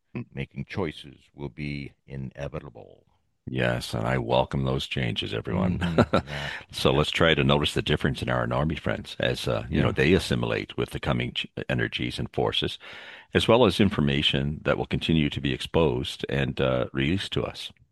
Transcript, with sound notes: Making choices will be inevitable.
Yes, and I welcome those changes, everyone. (laughs)
Mm-hmm, yeah, yeah.
So, let's try to notice the difference in our Anarmi friends as, uh-
Yeah.
... you know, they assimilate with the coming ch- energies and forces, as well as information that will continue to be exposed and, uh, released to us.